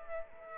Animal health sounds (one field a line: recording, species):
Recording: mosquito wingbeat signal from an infrared sensor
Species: Aedes aegypti